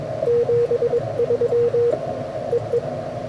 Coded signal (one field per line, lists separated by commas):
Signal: Morse code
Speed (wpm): 21 wpm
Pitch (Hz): 480 Hz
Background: radio noise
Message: 73 EE